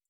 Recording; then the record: hydrophone in a shrimp aquaculture tank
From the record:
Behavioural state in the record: stressed